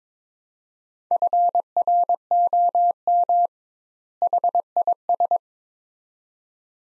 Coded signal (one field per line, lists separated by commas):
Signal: Morse code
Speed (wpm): 22 wpm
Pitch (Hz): 700 Hz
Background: none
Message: FROM HIS